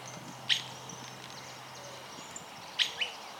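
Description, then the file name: Streaked flycatcher giving two sharp, high squeaky call notes about two seconds apart, the second followed by a lower note. Voice. "benteveo-rayado voz"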